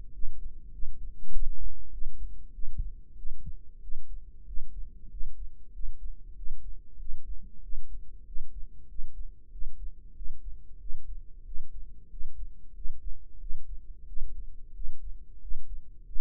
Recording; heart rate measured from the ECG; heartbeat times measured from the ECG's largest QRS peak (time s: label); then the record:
heart sounds by microphone in the right ear; 94 bpm
0.15 s: heartbeat
0.74 s: heartbeat
1.34 s: heartbeat
1.93 s: heartbeat
2.55 s: heartbeat
3.18 s: heartbeat
3.83 s: heartbeat
4.48 s: heartbeat
5.12 s: heartbeat
5.75 s: heartbeat
6.37 s: heartbeat
7.00 s: heartbeat
7.64 s: heartbeat
8.27 s: heartbeat
8.90 s: heartbeat
9.53 s: heartbeat
10.17 s: heartbeat
10.81 s: heartbeat
11.47 s: heartbeat
12.12 s: heartbeat
12.76 s: heartbeat
13.41 s: heartbeat
14.08 s: heartbeat
14.76 s: heartbeat
15.42 s: heartbeat
16.07 s: heartbeat
From the record:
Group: healthy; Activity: rest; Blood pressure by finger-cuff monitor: 139/74 mmHg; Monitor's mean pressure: 92 mmHg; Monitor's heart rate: 94 bpm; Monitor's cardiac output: 8.3 L/min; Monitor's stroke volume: 87 mL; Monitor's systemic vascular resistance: 850 dyn s/cm5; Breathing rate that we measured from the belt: 16 breaths a minute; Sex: male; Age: 21 years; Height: 175 cm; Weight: 72.6 kg